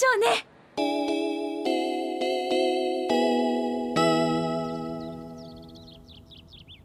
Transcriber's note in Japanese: 鳥のさえずり